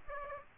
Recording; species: mosquito wingbeat signal from an infrared sensor; Aedes aegypti